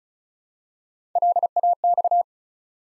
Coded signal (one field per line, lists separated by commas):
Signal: Morse code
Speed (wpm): 35 wpm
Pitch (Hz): 700 Hz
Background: none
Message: LAX